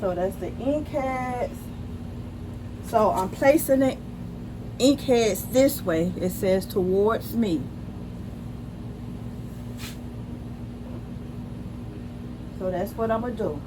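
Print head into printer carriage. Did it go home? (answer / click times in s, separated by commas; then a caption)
no / none. A print head for a Canon TM-200 printer is held facing toward the person and lined up over the printer carriage, ready to be pushed in, while someone talks over a steady low hum. Nothing has seated or clicked yet.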